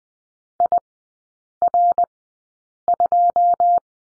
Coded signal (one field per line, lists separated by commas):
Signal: Morse code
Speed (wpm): 20 wpm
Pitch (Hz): 700 Hz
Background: none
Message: IR2